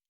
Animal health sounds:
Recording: hydrophone in a shrimp aquaculture tank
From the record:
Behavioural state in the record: normal

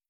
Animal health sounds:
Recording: hydrophone in a shrimp aquaculture tank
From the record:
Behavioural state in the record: starved

